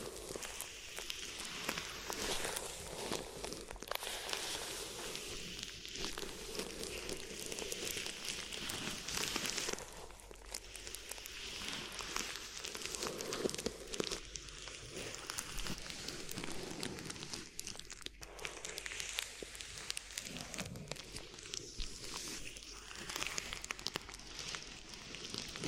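Crinkly ear massage: dense, continuous rustling and crackling crinkles with bright hiss, steady throughout with brief softer dips around ten and eighteen seconds.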